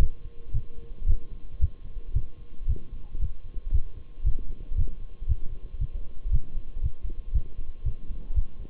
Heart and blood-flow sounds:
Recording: heart sounds by stethoscope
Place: between the tricuspid and mitral areas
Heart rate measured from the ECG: 115 bpm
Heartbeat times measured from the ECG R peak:
0.01 s: heartbeat
0.54 s: heartbeat
1.08 s: heartbeat
1.61 s: heartbeat
2.16 s: heartbeat
2.69 s: heartbeat
3.21 s: heartbeat
3.73 s: heartbeat
4.26 s: heartbeat
4.77 s: heartbeat
5.29 s: heartbeat
5.81 s: heartbeat
6.33 s: heartbeat
6.83 s: heartbeat
7.34 s: heartbeat
7.86 s: heartbeat
8.36 s: heartbeat
From the record:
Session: Bruce protocol treadmill stress test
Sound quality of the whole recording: partially saturated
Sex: male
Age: 23 years

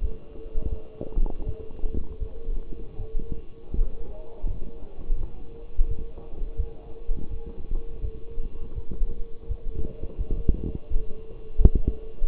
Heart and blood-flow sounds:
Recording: heart sounds by stethoscope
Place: between the tricuspid and mitral areas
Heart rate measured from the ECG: 83 bpm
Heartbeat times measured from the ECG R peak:
0.01 s: heartbeat
0.70 s: heartbeat
1.45 s: heartbeat
2.19 s: heartbeat
2.97 s: heartbeat
3.75 s: heartbeat
4.46 s: heartbeat
5.17 s: heartbeat
5.87 s: heartbeat
6.56 s: heartbeat
7.29 s: heartbeat
8.01 s: heartbeat
8.74 s: heartbeat
9.47 s: heartbeat
10.17 s: heartbeat
10.89 s: heartbeat
11.57 s: heartbeat
12.26 s: heartbeat
From the record:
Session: walking at 3.7 km/h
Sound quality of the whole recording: partially saturated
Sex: male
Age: 24 years

